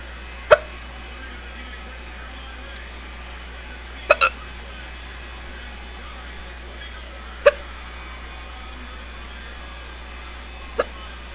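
Four sharp, brief gulping clicks at intervals of about three to three and a half seconds, one of them doubled, against a quiet background: recurrent hiccups.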